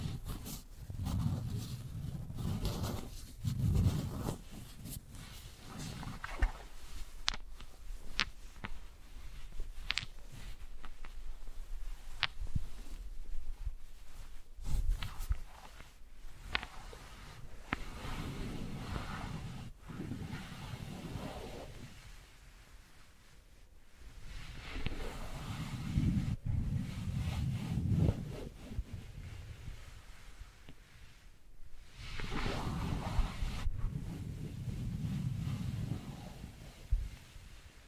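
Wooden balls roll and knock, with low rumbling swells that rise and fade every several seconds, strongest near the start and again around 18, 27 and 35 seconds. Sharp little clicks and taps are scattered throughout over a soft, steady hiss.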